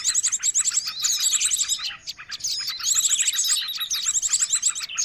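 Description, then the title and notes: Many birds call together: fast high trills, squeaky notes and descending whistles pile up, easing briefly near the middle before resuming. Many noisy birds calling together, used as a lure (pikat) for catching birds. "Master Burung Ribut Durasi Panjang. Burung Ribut Pikat"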